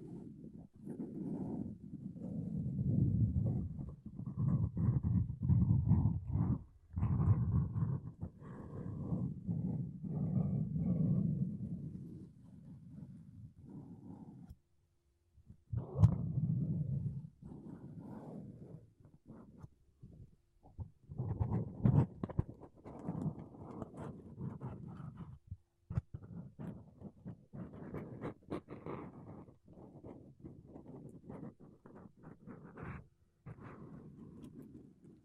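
Makeup brushes and a sponge rub over a microphone in soft, muffled swishes, heavy in the low end. The scratchy strokes come in dense bursts for about fifteen seconds, stop briefly, then return in shorter, choppier patches with small gaps between them.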